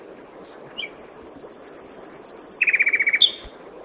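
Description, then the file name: Common nightingale song: a brief whistle, then a long rapid series of high repeated notes that drops into a lower fast rattle and ends on a sharp note. "Luscinia megarhynchos"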